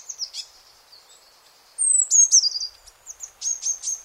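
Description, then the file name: Eurasian blue tit giving very high, thin calls: a few short notes, then a long descending whistle near two seconds, followed by quick sharp repeated notes toward the end. "Cyanistes caeruleus"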